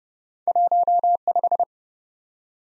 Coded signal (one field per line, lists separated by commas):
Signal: Morse code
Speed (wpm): 31 wpm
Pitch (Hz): 700 Hz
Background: none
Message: 15